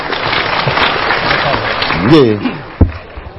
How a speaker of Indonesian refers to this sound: Sekarang kita dengarkan Pak Camat, semua tepuk tangan untuk Pak Camat.